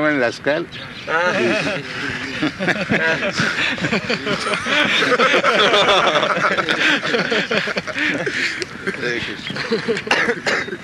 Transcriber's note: laughter